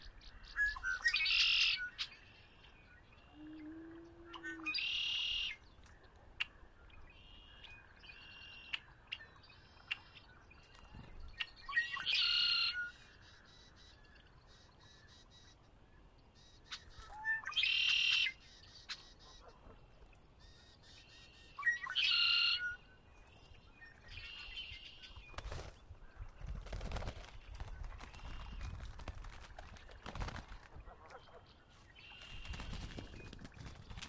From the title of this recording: Conner's Lake, chilly Spring dawn